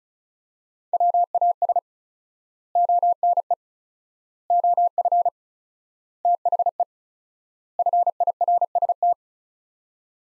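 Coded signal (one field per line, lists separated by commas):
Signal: Morse code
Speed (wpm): 36 wpm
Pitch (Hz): 700 Hz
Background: none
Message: WAS ONE OF THE FIRST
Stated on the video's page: Morse practice sets of five words at 35 wpm with 4x word spacing, a word-based Farnsworth-like method for head-copying phrases.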